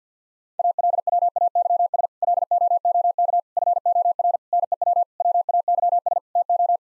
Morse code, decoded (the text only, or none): ALWAYS LOOK FOR NEW WAYS TO